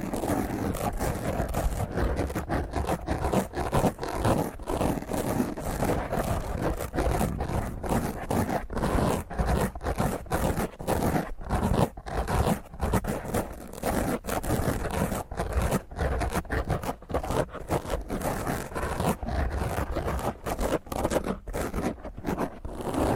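Fingernails scratch roughly and hard across a microphone, a dense, gritty rasp that runs without letup for the whole stretch. Rapid strokes come in quick, uneven bursts, and the sound is heavy and full from low rumble up to harsh, scraping highs.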